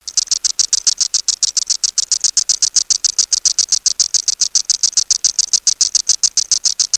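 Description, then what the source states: Cassini periodical cicada song: high, dry rattling pulses repeated rapidly in a steady, even rhythm throughout. Recorded in Michigan.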